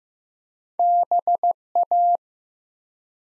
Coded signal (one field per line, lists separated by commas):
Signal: Morse code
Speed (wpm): 15 wpm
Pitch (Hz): 700 Hz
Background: none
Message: BA